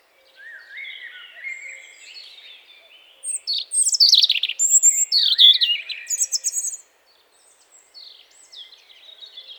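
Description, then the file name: European robin song beginning with soft low warbles, swelling into a loud rush of sharp high whistles and trills, then dropping back to quiet notes. "Erithacus rubecula"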